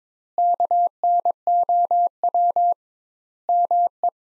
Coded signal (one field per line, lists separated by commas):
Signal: Morse code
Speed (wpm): 21 wpm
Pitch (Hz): 700 Hz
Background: none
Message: KNOW ME